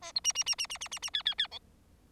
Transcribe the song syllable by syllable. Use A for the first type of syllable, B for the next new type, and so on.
A B C C C C C C C C D D D E